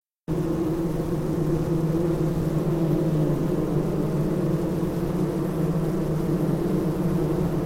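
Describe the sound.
Bees buzzing, a steady low hum with several even tones, continuous after a brief silent start.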